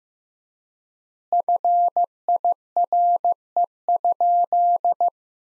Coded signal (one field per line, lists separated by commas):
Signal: Morse code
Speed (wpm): 15 wpm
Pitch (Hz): 700 Hz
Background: none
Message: FIRE?